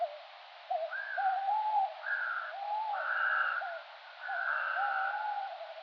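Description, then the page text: Tawny owl giving low wavering hoots, with a higher drawn-out tone overlapping several of them. Adult male giving territorial advertising call elicited by playback of conspecific call, 10 p.m., 18 September 2004, artificial mixed copse of pines, oaks, ashes and cypresses by Perotto Lake, altitude 70 m. "STRIX ALUCO - TAWNY OWL - ALLOCCO. DATE/TIME: 18/september/2004 (10 p.m.) - POSITION: Perotto Lake (an artificial basin with a dam) - VOCALIZATION TYPE: advertising call (territorial)"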